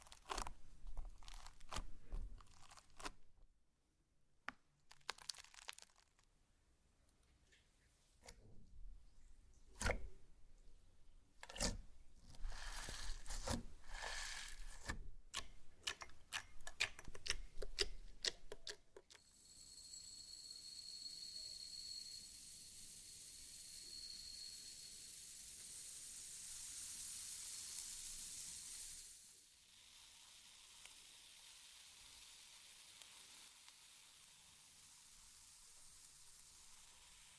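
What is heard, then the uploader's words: Slime being squished and played with, starting as a dense run of sharp, crackly clicks and squelches for about nineteen seconds. After that it changes to a steady, bright hiss, with a thin high tone near the middle, before a quieter hiss continues to the end. ASMR SLIME! 5 Satisfying Slimes.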